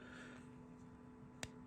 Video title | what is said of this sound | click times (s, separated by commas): SHEAFFER CREST SNORKEL FOUNTAIN PEN | there we go, that little clicking noise, pull out the tube like so, dip | 1.4 s